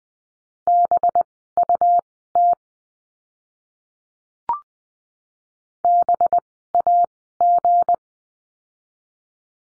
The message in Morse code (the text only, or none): BUT BAG